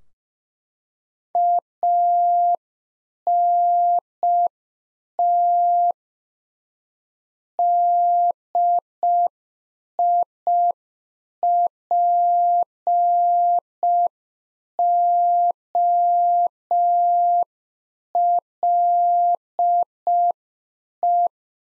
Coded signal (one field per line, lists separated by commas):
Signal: Morse code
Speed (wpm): 5 wpm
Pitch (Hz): 700 Hz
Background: none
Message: ANT DIPOLE